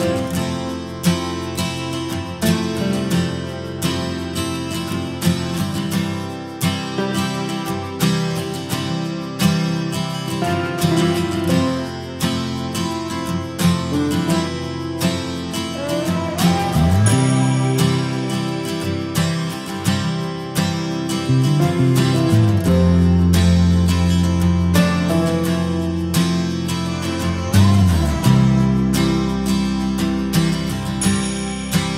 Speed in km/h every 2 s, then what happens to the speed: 41, 39, 40, 38, 38, 35, 35, 33, 32, 31, 31, 34, 34, 35, 37, 40.
0-27 slows to 35.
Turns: none.